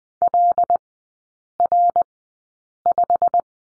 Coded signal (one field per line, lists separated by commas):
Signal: Morse code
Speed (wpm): 20 wpm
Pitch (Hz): 700 Hz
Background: none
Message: LR5